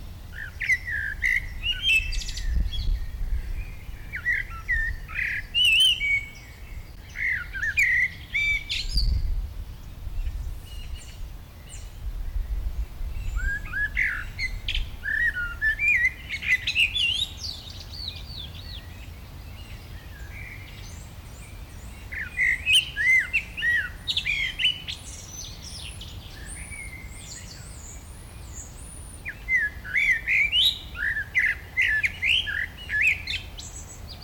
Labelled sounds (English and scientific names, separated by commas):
Common Blackbird (Turdus merula)